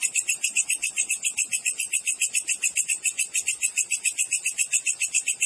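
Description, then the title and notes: Cricket giving a continuous rapid chirp, evenly pulsed and high-pitched, repeating several times each second throughout. Wild cricket recording, described as clear with tightly spaced chirps, meant as master song for training songbirds and for repelling rats. "Masteran Jangkrik Alam Jernih, Jeda Rapat Cocok Untuk Masteran Burung Dan Mengusir Tikus. suara jangkrik"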